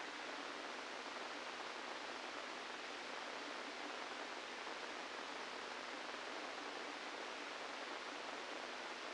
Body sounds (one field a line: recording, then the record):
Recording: brain microelectrode recording played as sound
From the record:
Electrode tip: inside the subthalamic nucleus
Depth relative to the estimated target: -1 mm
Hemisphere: left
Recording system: NeuroSet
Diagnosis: Parkinson's disease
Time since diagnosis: 17 years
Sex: male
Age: 64 years